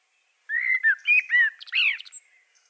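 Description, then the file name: Common blackbird giving one smooth, fluting warble of several clear whistled notes, closing with a brief buzzy, high twitter. "Turdus merula"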